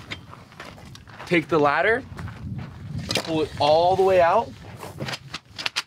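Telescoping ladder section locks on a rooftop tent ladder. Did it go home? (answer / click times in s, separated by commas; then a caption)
yes / 5.7 s, 5.8 s. Someone talks while the aluminium telescoping ladder of a Tuff Stuff Overland Alpha rooftop tent is pulled all the way out, with scattered small knocks and rattles. Sharp clicks at 5.7 s and 5.8 s mark the ladder sections locking into place, fully seated.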